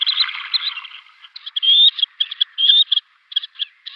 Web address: Schulze Peter Black-necked Grebe